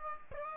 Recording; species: mosquito wingbeat signal from an infrared sensor; Aedes aegypti